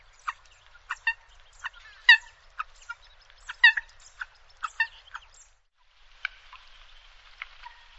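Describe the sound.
Bird calls: sharp, clipped notes repeated irregularly, some doubled, then a pause and a few fainter notes over a light hiss.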